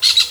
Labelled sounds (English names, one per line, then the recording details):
Brown-throated Parakeet contact call
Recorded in Venezuela
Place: Guárico; Corozopando; Fundo La Fe
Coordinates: 8.506, -67.593